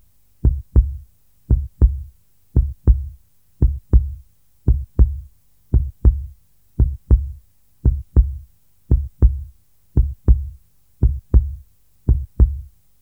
Human heartbeat 58 bpm.